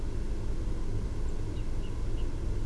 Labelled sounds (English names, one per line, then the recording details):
Song Thrush
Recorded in Germany
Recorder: ecoPi